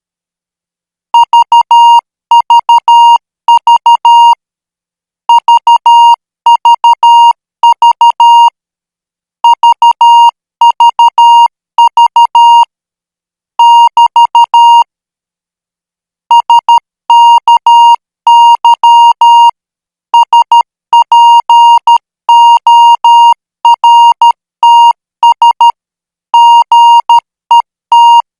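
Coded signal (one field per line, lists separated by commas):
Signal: Morse code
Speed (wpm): 13 wpm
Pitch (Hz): 940 Hz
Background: music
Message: VVV VVV VVV <BT> SKY SPORTS GET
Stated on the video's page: Morse code practice signal at 12 words per minute.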